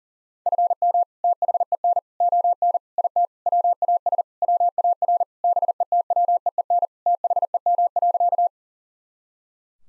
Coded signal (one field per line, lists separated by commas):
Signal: Morse code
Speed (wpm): 40 wpm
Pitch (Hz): 700 Hz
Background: none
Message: FM THEN ON IT WAS WAR BETWEEN THEM.